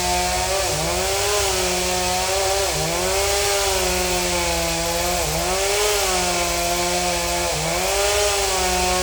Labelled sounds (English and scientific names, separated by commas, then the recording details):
none
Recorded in secondary vegetation near Puerto Asís, Putumayo, Colombia, on 21 December 2024 at 15:00
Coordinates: 0.468, -76.324
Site G095